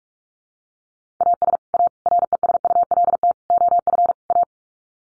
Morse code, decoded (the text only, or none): AS A RESULT OF A